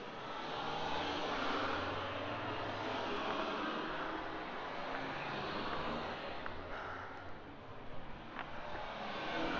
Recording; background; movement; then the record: deep breathing; traffic; walking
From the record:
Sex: female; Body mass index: 18.8 kg/m2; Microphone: on the chest, facing outward